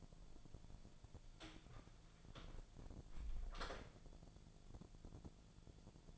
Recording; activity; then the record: daily activity, microphone in the room; close door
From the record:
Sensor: 5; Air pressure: 1000.6 hPa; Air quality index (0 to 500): 162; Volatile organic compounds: 2 ppm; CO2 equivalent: 1248 ppm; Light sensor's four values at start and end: 46/109/45/49 and 46/109/45/49